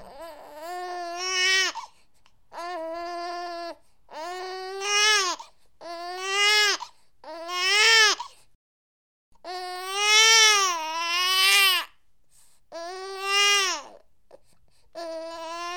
Daily life newborn baby cry cry.